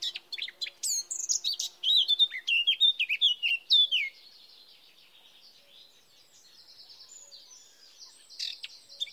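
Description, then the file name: Eurasian blackcap warbling for about four seconds, scratchy notes leading into loud, slurred flutey whistles, followed by a quieter stretch of faint high notes with a few louder ones near the end. "Sylvia atricapilla"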